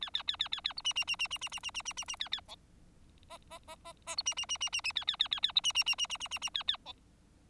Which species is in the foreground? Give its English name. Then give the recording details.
Bengalese Finch. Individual Bird4